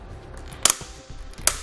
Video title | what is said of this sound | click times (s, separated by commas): etrailer - How to Set Up Your Inno Aero Flush Roof Rack for Naked Roofs on a 2018 Ford Edge | bolt is that spec you can hear it click like this so | 0.7 s, 1.5 s